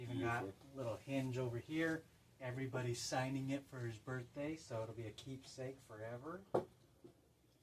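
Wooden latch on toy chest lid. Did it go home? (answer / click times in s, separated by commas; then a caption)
no / none. The wooden latch on the lid of a finished wooden toy chest is being handled while someone talks over most of the clip. A brief sharp sound near 6.6 s stands out from the talk. Nothing has seated or clicked yet: the latch has not locked home before the clip ends.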